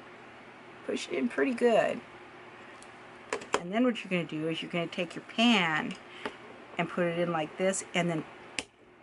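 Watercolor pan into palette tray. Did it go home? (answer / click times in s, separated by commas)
yes / 8.6 s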